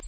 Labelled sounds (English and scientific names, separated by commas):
Hermit Warbler (Setophaga occidentalis) flight call